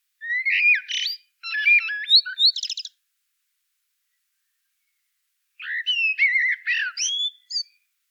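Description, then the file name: Common blackbird delivering two longer warbled phrases of varied fluty notes mixed with squeaky high twitters, separated by a pause of a few seconds. "Turdus merula"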